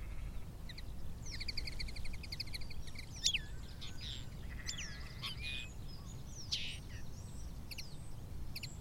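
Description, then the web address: Common linnet twittering song, opening with a fast buzzy repeated note series, then mixed chirps, slurred whistles and clicks, above a steady low roaring background. Recorded at Silver Strand. "Silver Strand videos linnet"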